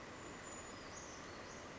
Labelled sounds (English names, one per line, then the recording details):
Brown Creeper
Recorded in Sonoma County, California